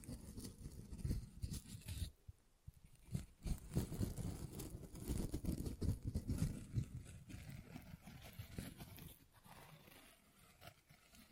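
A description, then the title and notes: Tapping and scratching on textured surfaces, with dense, irregular bursts of rubbing and quick taps through most of the clip. Sound is thick and low-weighted, with a brief gap near two seconds, and the activity thins and softens after about nine seconds. ASMR Tingly Textures Tapping and Scratching No Talking.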